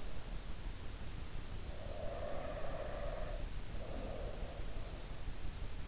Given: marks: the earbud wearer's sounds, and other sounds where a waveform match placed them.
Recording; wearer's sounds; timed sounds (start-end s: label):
sounds in sleep by an in-ear microphone; breath
1.64-5.02 s: breath